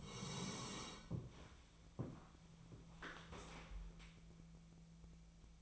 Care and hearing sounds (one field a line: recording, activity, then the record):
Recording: daily activity, microphone in the room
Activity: sit down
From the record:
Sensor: 1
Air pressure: 1000.5 hPa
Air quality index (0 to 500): 177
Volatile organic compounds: 4 ppm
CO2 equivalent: 1638 ppm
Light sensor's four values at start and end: 15/37/15/18 and 15/37/15/18